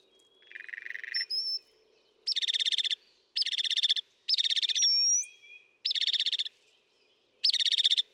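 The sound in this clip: Northern mockingbird song: a low buzzy note, then several rasping, rattling phrases repeated with short pauses, a thin whistle between them.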